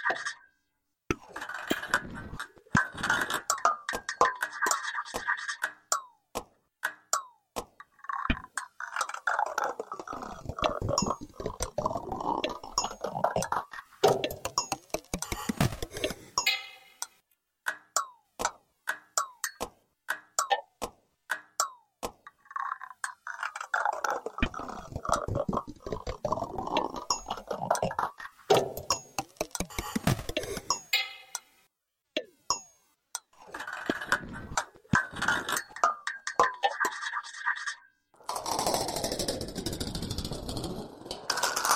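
Contact-mic recording of outdoor metal such as wire fences and gates, full of dense, rapid clicking and ticking taps. Longer ringing, scraping stretches with a bright midrange hum come in phases around 10–16, 24–30 and 38–42 seconds, separated by sparse clicks and silences.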